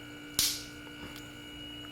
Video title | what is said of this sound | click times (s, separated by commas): GLOCK 44 Upgrades! | and then we want to push until you hear a snap | 0.4 s